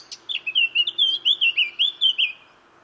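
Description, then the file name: Eurasian blackcap song phrase: a quick scratchy start breaking into loud, clear, flute-like whistled notes tumbling in a fast run. "Sylvia atricapilla"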